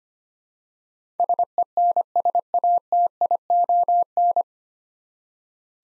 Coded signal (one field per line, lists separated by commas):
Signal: Morse code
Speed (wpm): 25 wpm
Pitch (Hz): 700 Hz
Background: none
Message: SENSATION